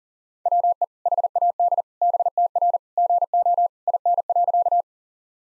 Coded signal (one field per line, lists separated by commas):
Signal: Morse code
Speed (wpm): 40 wpm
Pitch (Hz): 700 Hz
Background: none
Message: WE HAD BTR GO IN.